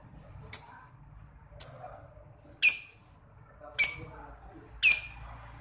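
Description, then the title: Lovebird calls: five piercing, high, downward-sliding chirps, each about a second apart, standing out against quiet background. Masteran therapy recording meant to make a labet lovebird quickly produce long ngekek (ngekek panjang). "Kicau Lovebird SUPER GILA !!! Terapi Masteran LABET Terbaik Agar Labet Cepet NGEKEK PANJANG"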